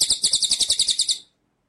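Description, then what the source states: White-rumped shama song: a brief burst of rapid, repeated high buzzy notes, about a dozen in just over a second, ending abruptly into silence. Masteran training track of continuous rolling song with high shooting notes, locally called ngerol and nembak.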